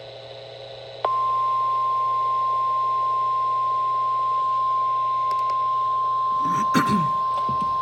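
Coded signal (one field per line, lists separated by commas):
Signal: Emergency Alert System (SAME) tones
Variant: 1050 Hz attention tone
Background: speech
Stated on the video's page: Two High Wind Warnings; the WR120 weather radio did not activate on the second, being set to a single county for SAME codes.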